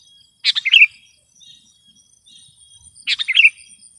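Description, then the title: Sooty-headed bulbul song: two short bursts of bubbly, chattering notes about two and a half seconds apart, over a faint, steady, high hum. "kutilang"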